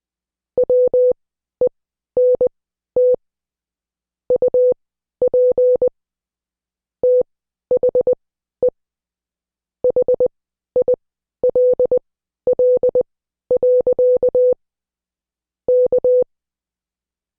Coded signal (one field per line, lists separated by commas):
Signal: Morse code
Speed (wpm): 20 wpm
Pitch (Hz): 500 Hz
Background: none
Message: WENT UP THE HILL. K